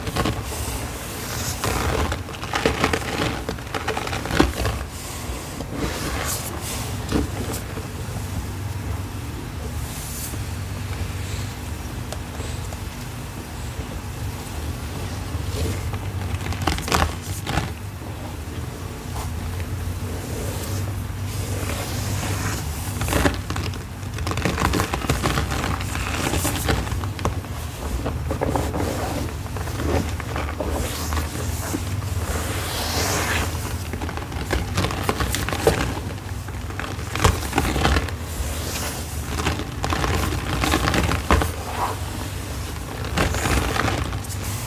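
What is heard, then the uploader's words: Cornstarch being crushed under a rolling pin and mixed into a purple paste: a dense, continuous scrunching texture with frequent sharp crackles and squeaks scattered irregularly throughout. A steady low rumble runs underneath, and the overall level stays fairly even for the whole stretch. Cornstarch, Rolling Pin Crushing, Mixing, Reforming Purple Paste.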